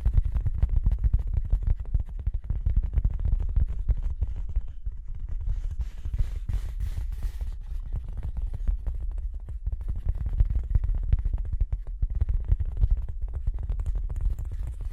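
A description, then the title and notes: Dense tapping and scratching runs the whole fifteen seconds, a rapid, irregular stream of small clicks over a heavy, rumbling low end. The level stays fairly even throughout, with a brief lighter patch around six to eight seconds where a faint hiss rises above. Tapping and Scratching (No Talking).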